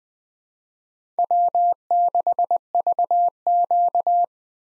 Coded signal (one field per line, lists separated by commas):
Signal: Morse code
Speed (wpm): 20 wpm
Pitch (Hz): 700 Hz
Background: none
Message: W6VQ